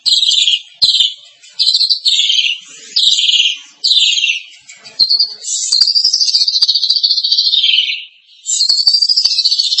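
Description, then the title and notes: Starling song: harsh buzzy bursts with gaps, then a long wavering chatter that slides downward before another buzzy phrase begins. "suara burung jalak"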